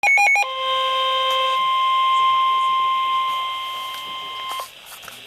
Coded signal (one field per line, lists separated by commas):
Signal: Emergency Alert System (SAME) tones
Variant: 1050 Hz attention tone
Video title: Flash Flood Warning (EAS #537)